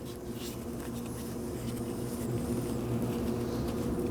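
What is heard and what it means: A wiring harness connector is handled and lined up on the oil pressure switch of a 2014-2020 Acura MDX 3.5L V6 before plugging it in, with no clicks or hits heard. Only a steady low hum and faint high whistling tones fill the clip. Nothing has seated or clicked yet.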